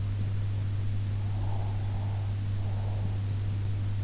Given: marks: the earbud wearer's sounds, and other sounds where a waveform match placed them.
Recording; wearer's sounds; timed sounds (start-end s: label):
sounds in sleep by an in-ear microphone; breath
1.16-3.19 s: breath